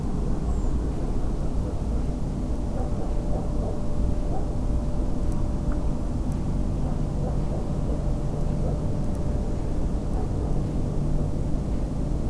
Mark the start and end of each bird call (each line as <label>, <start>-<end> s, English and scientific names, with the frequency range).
Redwing (Turdus iliacus) (6.7-8.3 kHz), 0.48-0.70 s